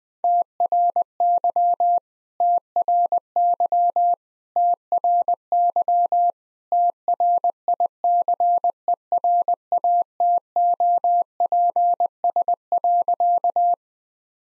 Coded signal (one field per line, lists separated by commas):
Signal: Morse code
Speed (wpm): 21 wpm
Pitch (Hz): 700 Hz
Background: none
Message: TRY TRY TRY TRICERATOPS.